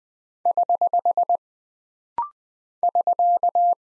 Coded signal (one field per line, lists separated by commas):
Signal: Morse code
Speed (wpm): 20 wpm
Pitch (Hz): 700 Hz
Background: none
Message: <HH> <SK>